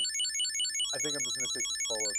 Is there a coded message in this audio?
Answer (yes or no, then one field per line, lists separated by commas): no